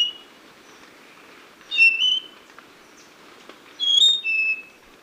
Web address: Natures Songs S America Birds of Ecuador Spotted Nightingale-Thrush